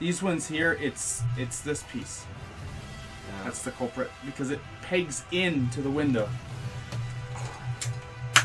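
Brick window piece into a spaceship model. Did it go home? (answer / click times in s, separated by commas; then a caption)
yes / 8.4 s. A plastic building-brick piece that pegs into the window is pressed onto a spaceship model while someone talks over background music, and one set's piece clicks into place while the other's does not. A small click comes at 7.8 seconds and a sharp, loud snap at 8.4 seconds as the piece seats.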